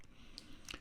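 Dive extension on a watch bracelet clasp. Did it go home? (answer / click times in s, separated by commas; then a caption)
released / 0.4 s, 0.7 s. A fingernail digs into the folded dive extension on the clasp of a Spinnaker Dumas "Sahara" dive watch bracelet and pops it open. Two sharp clicks are heard at 0.4 s and 0.7 s, and the dive extension is released open.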